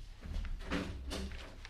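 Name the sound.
door opening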